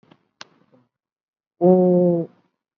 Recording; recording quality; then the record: sustained vowel as in boot; excellent, no background noise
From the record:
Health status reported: COVID-19 positive, mild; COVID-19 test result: positive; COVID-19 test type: RT-PCR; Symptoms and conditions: cough, cold, fatigue, hypertension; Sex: female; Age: 58 years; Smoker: no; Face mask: worn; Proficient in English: no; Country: India